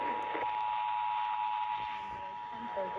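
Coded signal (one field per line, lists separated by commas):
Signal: Emergency Alert System (SAME) tones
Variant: 853 and 960 Hz attention tone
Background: speech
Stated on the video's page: Weekly EAS tests aired by a broadcast station.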